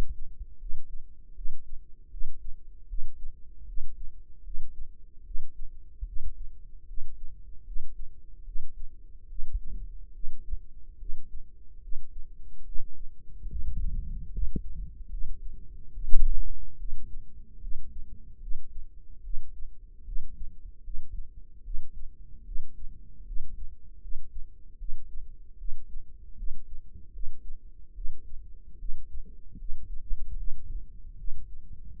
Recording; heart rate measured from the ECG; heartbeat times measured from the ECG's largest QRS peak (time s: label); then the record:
heart sounds by microphone in the right ear; 75 bpm
0.57 s: heartbeat
1.33 s: heartbeat
2.08 s: heartbeat
2.86 s: heartbeat
3.65 s: heartbeat
4.42 s: heartbeat
5.23 s: heartbeat
6.04 s: heartbeat
6.85 s: heartbeat
7.63 s: heartbeat
8.43 s: heartbeat
9.27 s: heartbeat
10.11 s: heartbeat
10.97 s: heartbeat
11.79 s: heartbeat
12.63 s: heartbeat
13.47 s: heartbeat
14.30 s: heartbeat
15.08 s: heartbeat
15.91 s: heartbeat
16.76 s: heartbeat
17.59 s: heartbeat
18.38 s: heartbeat
19.21 s: heartbeat
20.03 s: heartbeat
20.81 s: heartbeat
21.62 s: heartbeat
22.43 s: heartbeat
23.24 s: heartbeat
23.99 s: heartbeat
24.76 s: heartbeat
25.56 s: heartbeat
26.35 s: heartbeat
27.11 s: heartbeat
27.93 s: heartbeat
28.76 s: heartbeat
29.56 s: heartbeat
30.35 s: heartbeat
31.15 s: heartbeat
31.91 s: heartbeat
From the record:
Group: healthy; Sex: female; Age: 19 years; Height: 163 cm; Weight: 51 kg